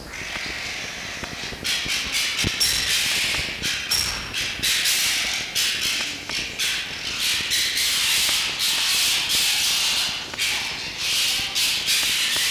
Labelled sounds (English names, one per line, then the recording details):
Red Fox
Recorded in captivity
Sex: female
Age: adult
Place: Zoologisches Institut der HUB, Berlin, DE
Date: 1954-02-12 12:40
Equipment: Elmetra
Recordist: Tembrock, Günter
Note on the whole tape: Fiffi: Sprödigkeit und "Keifen" gegen Dr. Ohm